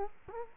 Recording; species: mosquito wingbeat signal from an infrared sensor; Culex quinquefasciatus